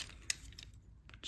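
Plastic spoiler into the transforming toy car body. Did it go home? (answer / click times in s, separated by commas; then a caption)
yes / 0.3 s. A plastic spoiler is pushed into place on the body of a transforming toy car and clicks at 0.3 s with a short, sharp, bright snap. Fainter plastic ticks and light handling rustles follow, and the spoiler is seated.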